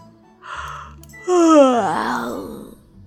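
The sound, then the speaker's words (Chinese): A voice imitates a child yawning while talking: a breathy inhale, then a long, loud, wavering vocal sound that slides downward in pitch before trailing off. “小四子边说边打了个哈欠”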